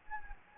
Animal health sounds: mosquito wingbeat signal from an infrared sensor; Anopheles gambiae

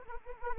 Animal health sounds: mosquito wingbeat signal from an infrared sensor; Anopheles arabiensis

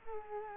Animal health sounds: mosquito wingbeat signal from an infrared sensor; Culex quinquefasciatus

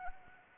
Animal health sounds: mosquito wingbeat signal from an infrared sensor; Anopheles arabiensis

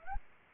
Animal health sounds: mosquito wingbeat signal from an infrared sensor; Anopheles arabiensis

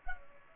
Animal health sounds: mosquito wingbeat signal from an infrared sensor; Culex pipiens

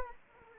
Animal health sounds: mosquito wingbeat signal from an infrared sensor; Anopheles arabiensis

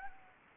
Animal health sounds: mosquito wingbeat signal from an infrared sensor; Anopheles gambiae

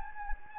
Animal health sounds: mosquito wingbeat signal from an infrared sensor; Anopheles gambiae

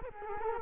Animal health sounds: mosquito wingbeat signal from an infrared sensor; Culex quinquefasciatus

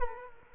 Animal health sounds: mosquito wingbeat signal from an infrared sensor; Culex quinquefasciatus

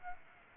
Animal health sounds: mosquito wingbeat signal from an infrared sensor; Aedes aegypti

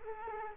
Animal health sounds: mosquito wingbeat signal from an infrared sensor; Culex quinquefasciatus

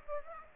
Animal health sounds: mosquito wingbeat signal from an infrared sensor; Aedes aegypti

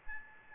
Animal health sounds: mosquito wingbeat signal from an infrared sensor; Aedes albopictus

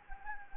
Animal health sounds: mosquito wingbeat signal from an infrared sensor; Anopheles gambiae

